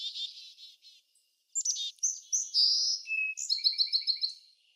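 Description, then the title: Bird song: a quick trill, a pause, then varied chirps, a buzzy note and a series of short repeated high whistles. Backyard. "Backyard Birds - Ambient Nature Bird Sounds"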